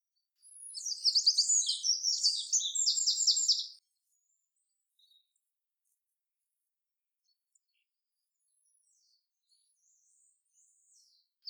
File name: Troglodytes troglodytes